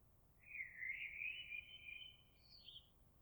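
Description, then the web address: Eurasian blackbird giving a single drawn-out, liquid warbled phrase that ends in a couple of thin, high squeaky notes; no other sounds stand out. Recorded on 26 April 2022. "oiseaux Merle 2022 04 26"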